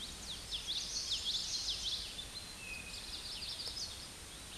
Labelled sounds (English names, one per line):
Common Yellowthroat song